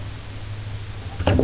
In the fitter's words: can only go one way snaps in place and now your controls